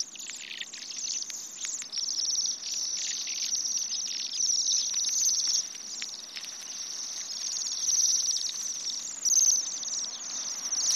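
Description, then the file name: Bohemian waxwing calls, a dense continuous chorus of high, thin, buzzy trills from many birds overlapping, rising and falling in loudness throughout. "Sidensvans"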